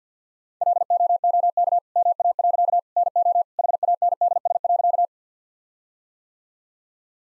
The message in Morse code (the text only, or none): LOOK MA. NO HANDS.